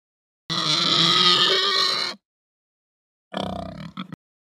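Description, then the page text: Pig gives a long, harsh, high squeal lasting over a second, then a shorter grunting squeal after a pause. Hampshire breed pig; squeal that ramps up, long. "Hampshire Pig Squeal Ramp Up Long. Quick Sounds"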